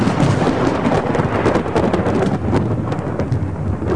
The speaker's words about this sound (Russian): Тут всегда, даже в тихую погоду, что-то гудело в старых амосовских печах, а во время грозы весь дом дрожал и, казалось, трескался на части. И было немножко страшно, особенно ночью, когда все 10 больших окон вдруг освещались молнией.